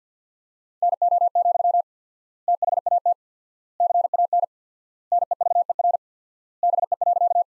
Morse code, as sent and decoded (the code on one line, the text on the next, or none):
-. --- --..-- / - .... .- - / -.-. .- -. / -. . ...- . .-. / -... . .-.-.-
NO, THAT CAN NEVER BE.